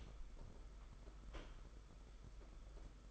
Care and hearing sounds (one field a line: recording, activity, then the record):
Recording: daily activity, microphone in the room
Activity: open door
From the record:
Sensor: 5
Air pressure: 991.8 hPa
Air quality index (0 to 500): 133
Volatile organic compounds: 80 ppm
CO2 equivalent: 3610 ppm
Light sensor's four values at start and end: 33/110/41/44 and 33/110/41/44